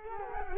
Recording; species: mosquito wingbeat signal from an infrared sensor; Culex quinquefasciatus